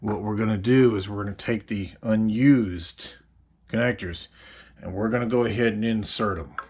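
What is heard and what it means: Someone talks while preparing to push spare crimped metal contacts into the unused side of a two-sided, high-current plastic Anderson battery connector housing, so that both halves are supported and the mated connection is solid. Nothing has seated or clicked yet.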